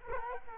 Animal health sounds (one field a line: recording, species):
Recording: mosquito wingbeat signal from an infrared sensor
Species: Culex quinquefasciatus